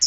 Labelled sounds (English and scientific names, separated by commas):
Hooded Warbler (Setophaga citrina) flight call